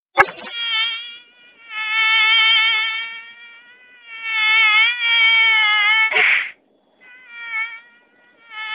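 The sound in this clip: Mosquito whine: a sustained, slightly wavering high buzz that rises and fades in repeated stretches, interrupted by two sharp noisy bursts.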